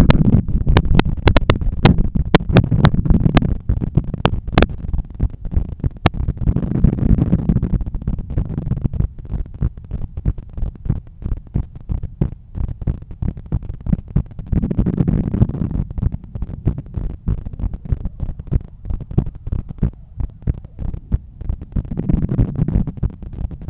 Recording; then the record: heart sounds by stethoscope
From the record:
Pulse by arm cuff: 94 bpm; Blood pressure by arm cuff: 143/94 mmHg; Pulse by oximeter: 97 bpm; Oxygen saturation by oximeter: 96%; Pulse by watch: 96 bpm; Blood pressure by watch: 133/87 mmHg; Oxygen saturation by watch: 97%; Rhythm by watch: sinus rhythm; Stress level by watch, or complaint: low stress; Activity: after 5 min smoking and coffee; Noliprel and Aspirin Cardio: after pills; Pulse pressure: 49 mmHg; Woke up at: 7:20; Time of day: 8:21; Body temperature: 36.9 C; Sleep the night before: 8 h 11 min, score 61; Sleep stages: REM 22%, light 68%, deep 3%, awake 7%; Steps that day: 9500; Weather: cloudy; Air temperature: 16.7 C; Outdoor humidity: 84%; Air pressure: 1014 hPa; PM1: 10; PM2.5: 15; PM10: 18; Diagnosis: hypertension, treated with Noliprel and Aspirin Cardio 100 mg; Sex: male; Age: 53 years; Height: 174 cm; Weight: 81 kg